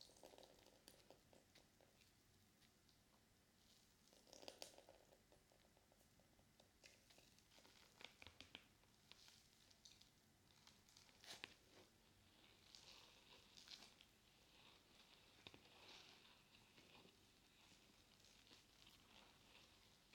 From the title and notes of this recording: ASMR Binaural Sounds Water Soap Sponge.